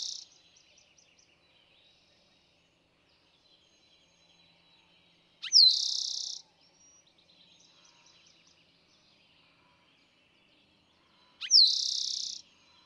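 Eastern towhee repeating its song about every six seconds, each a sharp slur and buzzy trill, with quiet twittering and chips in between.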